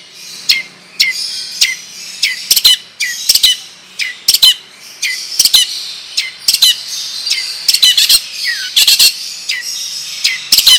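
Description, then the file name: Long-tailed shrike song: harsh high squawks and clicks, separated by short pauses, with a few dropping whistles. Song style called 'ngerol panjang' (long roll); bird described as 'gacor', singing actively. "Burung Cendet Ngerol Panjang Gacor"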